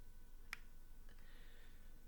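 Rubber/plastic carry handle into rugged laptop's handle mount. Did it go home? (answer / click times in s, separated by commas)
yes / 0.5 s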